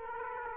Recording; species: mosquito wingbeat signal from an infrared sensor; Aedes aegypti